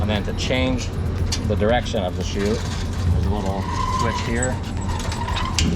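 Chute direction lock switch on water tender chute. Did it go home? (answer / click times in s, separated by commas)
yes / 5.6 s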